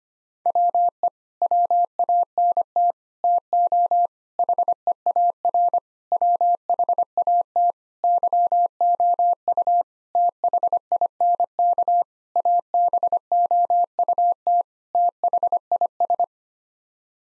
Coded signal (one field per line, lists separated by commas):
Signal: Morse code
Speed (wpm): 25 wpm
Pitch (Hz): 700 Hz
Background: none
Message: WE WANT TO HEAR WHAT YOU THINK ABOUT THIS